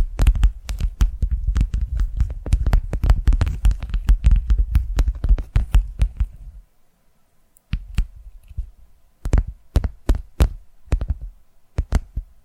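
Tapping sounds, dense and rapid for the first six seconds, with sharp knocks over a low thumping body. After a brief silence near seven seconds, the taps return sparser and more spaced out, arriving in small clusters with quiet gaps between them.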